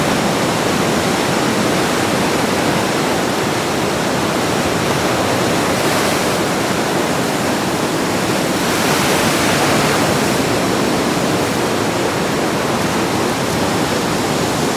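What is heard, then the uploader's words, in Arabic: Ocean waves roar continuously against old rocks at high tide, a dense, steady wash of sound with no quiet gaps. Brighter surges swell through the hiss around six and nine to ten seconds as larger waves break, over a constant low rumble. اهرب إلى شواطئ كاينانس كوف الوعرة في كورنوال، حيث يكشف الأطلسي العظيم عن سيمفونيته الشتوية. تلتقط هذه التسجيلة القوة الخام والجمال الساحر للمحيط في يوم شتائي مهجور. تتحطم الأمواج على الصخور القديمة. هدير أمواج المحيط. المد العالي في الخليج السري.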